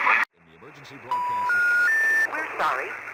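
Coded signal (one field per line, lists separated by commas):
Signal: telephone call progress tone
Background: speech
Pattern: special information tone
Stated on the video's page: Received on a Tecsun PL-660 radio.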